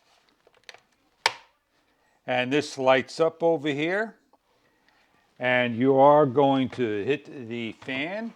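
A detachable plastic rechargeable battery pack (20000mAh) with a USB-A plug inside is given a firm slide along its notch into the back of a KopBeau portable camping fan with lights. A few faint scrapes lead to one loud, sharp click at 1.3 s as the pack seats, and then someone talks as the indicator lights up.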